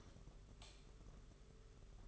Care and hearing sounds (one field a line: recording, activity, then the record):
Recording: daily activity, microphone in the room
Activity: light off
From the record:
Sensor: 4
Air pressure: 991.8 hPa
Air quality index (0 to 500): 98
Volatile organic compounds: 11 ppm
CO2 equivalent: 2291 ppm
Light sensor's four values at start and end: 9/25/9/11 and 7/16/6/6